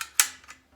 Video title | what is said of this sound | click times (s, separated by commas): Air compressors & Nail guns for Beginners(Diy Tool School Episode #12) | it locks in place you hear the click | 0.2 s